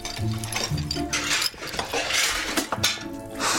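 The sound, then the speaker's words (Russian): Plates smash and clatter on the floor in a loud, continuous jumble, with several sharp, bright shattering bursts, and no voices. “Счастье это, конечно, много не бывает, но тарелки скоро закончатся.”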